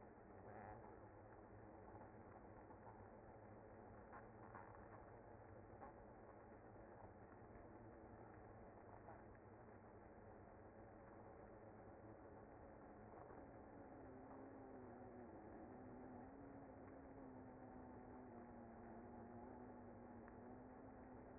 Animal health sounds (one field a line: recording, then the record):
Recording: honeybee colony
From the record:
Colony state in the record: active